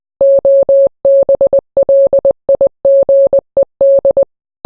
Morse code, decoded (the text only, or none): OBLIGED